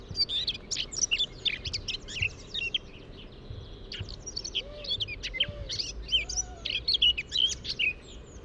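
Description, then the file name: Eurasian blackcap: songbird song, a quieter scratchy warble broken into short phrases, with faint low wavering notes and background noise. "Sylvia atricapilla"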